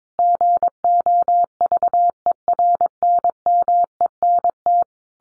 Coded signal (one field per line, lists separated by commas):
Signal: Morse code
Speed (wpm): 22 wpm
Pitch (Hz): 700 Hz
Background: none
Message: GOVERNMENT